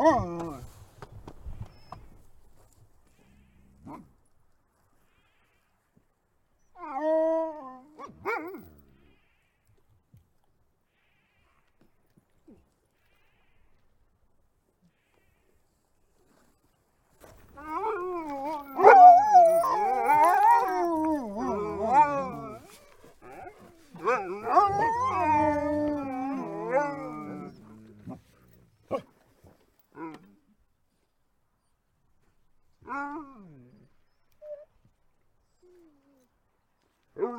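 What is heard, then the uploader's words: Wavering, pitch-sliding howls from wolves or dogs, with a short call near the start, another around seven seconds, then a long, dense stretch of overlapping whines and howls from about eighteen to twenty-eight seconds. Brief yelps follow near the end, with near-silence between. Wolves vs. Dogs: Howling Showdown.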